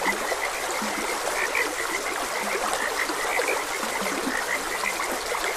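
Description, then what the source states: Frogs croaking repeatedly, several short higher notes and some low croaks scattered throughout, with running water hissing in the background. Frogs croaking beside a gentle stream.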